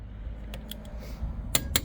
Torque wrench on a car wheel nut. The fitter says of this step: it's on a ratchet keep going to hear a click